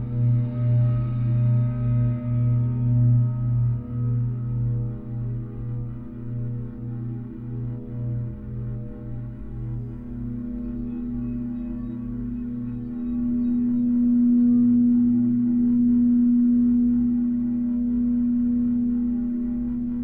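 Tibetan singing bowls resonate in a sustained, low hum with several steady tones layered together. Through the first half the sound pulses in a fast, regular wobble, then smooths into a fuller, brighter drone that swells slightly after about twelve seconds and holds.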